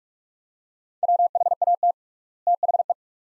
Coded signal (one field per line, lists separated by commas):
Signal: Morse code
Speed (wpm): 46 wpm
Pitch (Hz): 700 Hz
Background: none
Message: WHAT THE